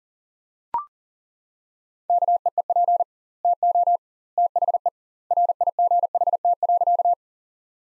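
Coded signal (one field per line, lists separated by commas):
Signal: Morse code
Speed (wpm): 40 wpm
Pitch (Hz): 700 Hz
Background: none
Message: KEEP TO THE RIGHT.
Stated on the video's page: Morse practice sentences built from the top 300 words, sent at 40 wpm with twice the standard word spacing, a word-level Farnsworth-style approach.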